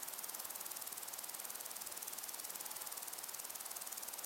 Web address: beanstalk-audio Crickets and insects in windy long grass